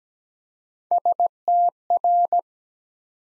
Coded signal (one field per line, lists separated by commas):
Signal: Morse code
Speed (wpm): 17 wpm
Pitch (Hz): 700 Hz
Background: none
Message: STR